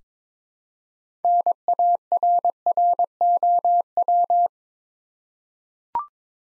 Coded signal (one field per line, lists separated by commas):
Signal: Morse code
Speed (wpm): 21 wpm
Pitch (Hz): 700 Hz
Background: none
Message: NARROW